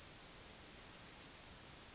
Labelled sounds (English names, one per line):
Yellowhammer song